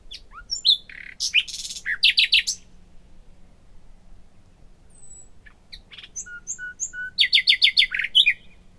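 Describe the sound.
Common nightingale song: bursts of sharp clicks and rapid trills, a pause, then whistled notes and a loud repeated chattering series near the end.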